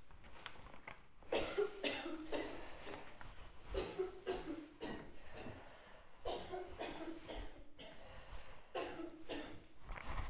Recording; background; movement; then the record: deep breathing; a bystander coughing; walking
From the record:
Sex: female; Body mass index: 36.4 kg/m2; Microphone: on the chest, facing outward